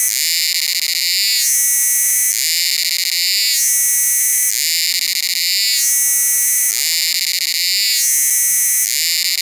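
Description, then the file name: Cicada call, a loud continuous high buzz that swells and narrows in alternating phases roughly every second, with a faint brief lower sweep near the middle. "Kearns Corrected Thesis DIGITAL APPENDIX H Cicada"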